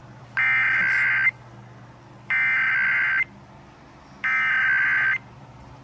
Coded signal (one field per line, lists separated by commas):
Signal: Emergency Alert System (SAME) tones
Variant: header bursts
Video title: Eas alerts, I have not uploaded eas alerts from 8/3/22-/5/8/24 Eas 733-801